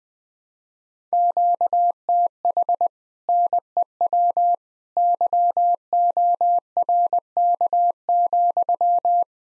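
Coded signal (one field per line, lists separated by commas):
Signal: Morse code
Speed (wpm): 20 wpm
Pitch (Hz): 700 Hz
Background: none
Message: QTH NEW YORK,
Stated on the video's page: Morse speed-racing practice of common QSO phrases, starting at 1.5 times the 17 wpm base speed, slowing down, with a final repeat at maximum speed.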